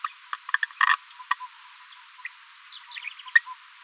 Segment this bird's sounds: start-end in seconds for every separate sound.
0.04-0.07, 0.33-0.35, 0.54-0.56, 0.63-0.65, 0.89-0.95, 1.31-1.34, 2.25-2.27, 3.06-3.09, 3.35-3.38